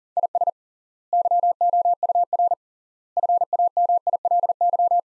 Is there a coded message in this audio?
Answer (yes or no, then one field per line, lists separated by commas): yes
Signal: Morse code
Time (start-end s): 0.2-5.0 s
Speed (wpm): 40 wpm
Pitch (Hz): 700 Hz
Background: none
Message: IS YOUR FAMILY